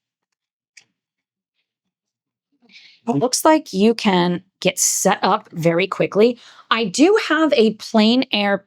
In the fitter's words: You can hear the click when you close it because of the magnets, and I really appreciate that.